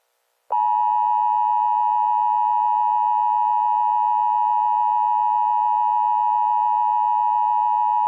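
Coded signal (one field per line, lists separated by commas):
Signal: Emergency Alert System (SAME) tones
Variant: 853 and 960 Hz attention tone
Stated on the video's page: Fictional EAS scenario with valid tones, based on the horror film Cujo.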